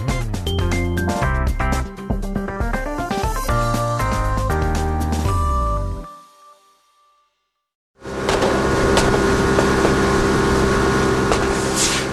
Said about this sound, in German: Im Wolga-Delta bei Astrachan, Südrussland, 2000 Kilometer von Moskau entfernt. Motoren heulen auf, Gewehre knattern, Schnellboote jagen durch die engen Kanäle. Die Miliz jagt Wilderer.